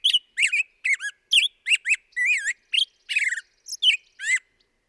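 Black-headed grosbeak singing a fast sequence of sweet, slurred whistled notes, some rising, some falling, with brief pauses between phrases.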